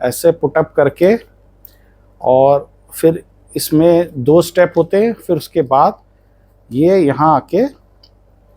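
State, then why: Not seated. A helmet chin strap is being threaded into its buckle lock while someone talks throughout. The clip ends just before the strap goes home, so nothing has seated or clicked yet. Two faint brief ticks occur at 1.6 s and 8.0 s.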